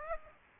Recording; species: mosquito wingbeat signal from an infrared sensor; Aedes aegypti